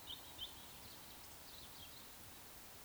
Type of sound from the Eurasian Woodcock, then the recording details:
whistle. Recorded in Baden-Württemberg, Germany, on 19 June 2020 at 19:35 UTC. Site 49006, 684 m above sea level